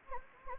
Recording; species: mosquito wingbeat signal from an infrared sensor; Anopheles gambiae